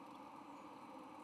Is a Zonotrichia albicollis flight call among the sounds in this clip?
no